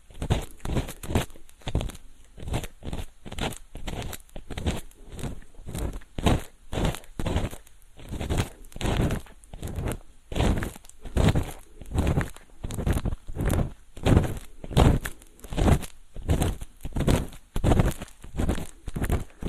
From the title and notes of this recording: Ear cleaning. 3DIO 마이크를 이용한 귀청소!! 앞에는 속닥속닥 수다 많이떨구 뒤에는 점점 말이 줄어갑니다! Feather pick (솜털귀이개).